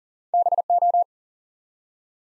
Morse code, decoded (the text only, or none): BO